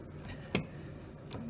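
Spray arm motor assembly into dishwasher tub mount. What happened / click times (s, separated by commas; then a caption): The assembly locks into its mount / 0.6 s. A spray arm motor assembly for a Samsung Waterwall dishwasher, model DW80H9930US/AA with error code 7e, is turned into its mount under the dishwasher tub until it starts to grab. A sharp, bright click at 0.6 s marks it locking into place, followed by a fainter tick at 1.3 s over low background noise.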